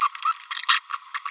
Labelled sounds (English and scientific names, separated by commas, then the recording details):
Green-rumped Parrotlet (Forpus passerinus) babbling
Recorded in a nest box in Venezuela
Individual 18B25A5